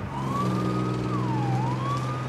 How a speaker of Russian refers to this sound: Скорая подъехала к подъезду.